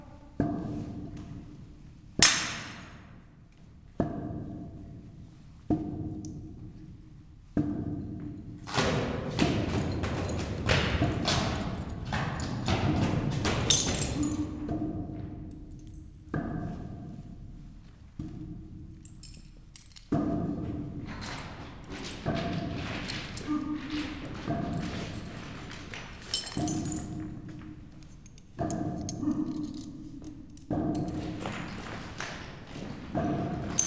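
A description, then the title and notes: Inside an abandoned mine's highly resonant underground room, sharp knocks and thuds ring out and decay slowly. Between about 8 and 15 seconds a dense, rumbling clatter builds, then a run of regular strikes follows, each leaving a lingering, ringing tail. This recording was taken undergound, in a highly resonant room called the ballroom, in the abandoned mine of Nenthead/UK.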